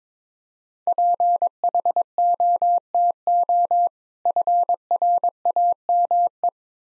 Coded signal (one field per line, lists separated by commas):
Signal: Morse code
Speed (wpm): 24 wpm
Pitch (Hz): 700 Hz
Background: none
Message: PHOTO FRAME